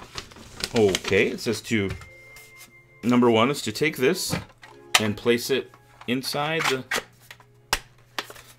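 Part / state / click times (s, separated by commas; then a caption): plastic assembly piece into a toy spaceship body / seated / 7.7 s, 8.2 s. Someone talks while following assembly step one, placing a plastic piece inside a toy spaceship body and pressing it down. Sharp plastic snaps ring out at about 7.7 s and 8.2 s, and the piece is seated.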